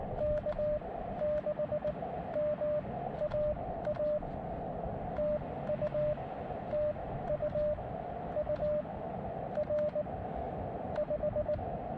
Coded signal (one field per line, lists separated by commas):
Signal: Morse code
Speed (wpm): 19 wpm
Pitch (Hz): 600 Hz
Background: radio noise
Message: K6MAA TU TU UR 5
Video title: Gorge-ous SOTA | Windy Dog Day | Columbia River Gorge | Summits on the Air | Morse Code